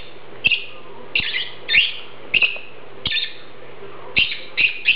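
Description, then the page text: Lovebird calls, piercing harsh chirps repeated roughly every half second to second, with clicks and a low hum beneath. "Попугай неразлучник - Голос"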